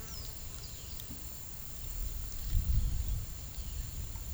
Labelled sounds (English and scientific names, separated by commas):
none